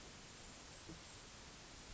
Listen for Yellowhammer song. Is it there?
no